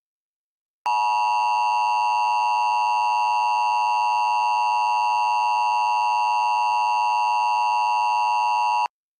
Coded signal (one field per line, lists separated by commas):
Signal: Emergency Alert System (SAME) tones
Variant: 853 and 960 Hz attention tone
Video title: Eas Scenario 008 - The End of The World